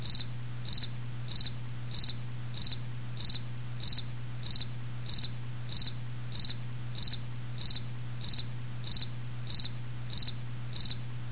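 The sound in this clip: Cricket chirps repeating steadily about every two-thirds of a second, each a short high burst, with a constant low hum beneath.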